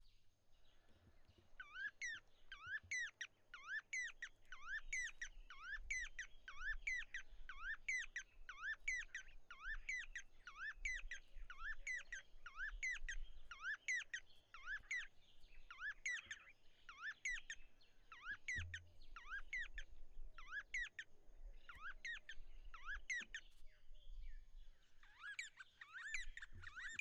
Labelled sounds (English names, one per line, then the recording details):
D'Arnaud's Barbet
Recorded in northern Uganda